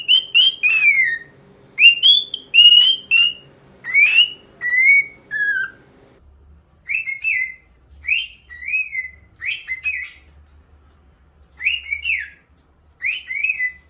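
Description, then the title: Cockatiel whistled song of rising and falling slurred notes in quick succession, a short gap, then more paired chirpy whistles; faint hum early, light low rumble later. Hour-long song intended for training a cockatiel. "Canto De 1 Hora Para Treinar Calopsita"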